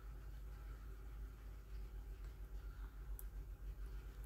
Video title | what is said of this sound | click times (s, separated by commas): Building my own replica sub with my choice of bezel insert | oh I just heard it click | 3.2 s